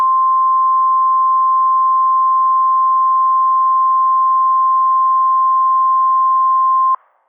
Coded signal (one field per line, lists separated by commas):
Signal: Emergency Alert System (SAME) tones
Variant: 1050 Hz attention tone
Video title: IND's FEBRUARY ENH - EAS Alerts from 2/19/26 (EAS #674 - #688)